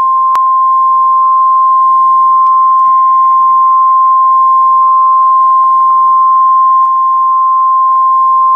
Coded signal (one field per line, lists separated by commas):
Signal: Emergency Alert System (SAME) tones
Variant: 1050 Hz attention tone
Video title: REAL EAS 1135-SVR